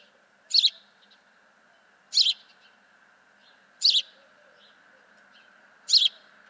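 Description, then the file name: House sparrow giving single harsh chirps, one roughly every two seconds, four in all, over a faint steady background hum. "Passer domesticus"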